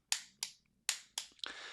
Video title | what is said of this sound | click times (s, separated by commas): Torque Webinar: How to Select a Torque Wrench or Screwdriver to Improve QC Process | We reach our torque value when we hear the click. | 0.1 s, 0.9 s